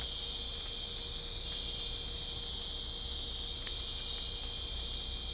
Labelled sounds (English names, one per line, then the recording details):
none
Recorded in dense forest near Puerto Asís, Putumayo, Colombia, on 16 December 2024 at 19:00
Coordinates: 0.499, -76.324
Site G045